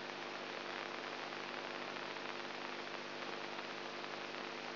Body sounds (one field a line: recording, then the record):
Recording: brain microelectrode recording played as sound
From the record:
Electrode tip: inside the subthalamic nucleus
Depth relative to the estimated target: -1 mm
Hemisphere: right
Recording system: AlphaMap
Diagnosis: Parkinson's disease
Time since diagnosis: 20 years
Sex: female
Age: 64 years